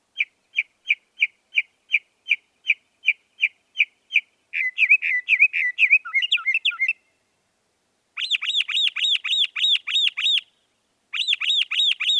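Northern mockingbird song: a string of crisp evenly spaced chips, then jumbled chattering phrases, then two runs of repeated upswept looping notes separated by short silences.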